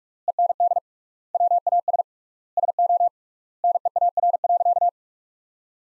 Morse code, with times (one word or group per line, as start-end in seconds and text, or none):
0.3-0.8 END
1.3-2.0 WAS
2.6-3.1 SO
3.6-4.9 NEAR.